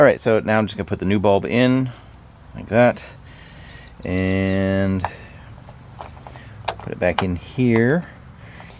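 Someone talks while a new 194 bulb in its socket is put back into the side marker light housing of a Ford Fiesta, with the headlight removed, and twisted. Small taps come at about 6.0 and 6.3 s, then a loud sharp click at 6.7 s as the socket locks into the housing, seated.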